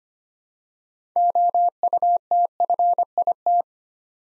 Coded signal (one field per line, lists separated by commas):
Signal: Morse code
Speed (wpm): 25 wpm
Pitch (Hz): 700 Hz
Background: none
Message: OUTFIT